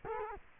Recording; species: mosquito wingbeat signal from an infrared sensor; Culex quinquefasciatus